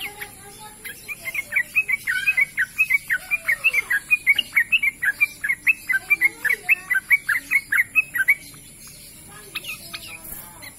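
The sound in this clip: Bird song as a long, fast run of bright chirps for about seven seconds, then a short pause and a brief final burst, over a high hiss.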